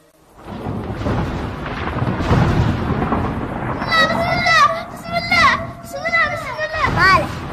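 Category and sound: nature, thunder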